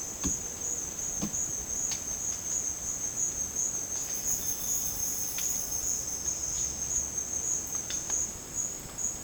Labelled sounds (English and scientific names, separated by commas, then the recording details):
none
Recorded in dense forest near Puerto Asís, Putumayo, Colombia, on 12 March 2025 at 11:30
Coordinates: 0.486, -76.317
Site G053